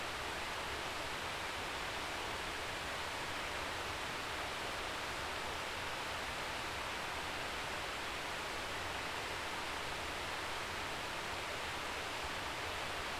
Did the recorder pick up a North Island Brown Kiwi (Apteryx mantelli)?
no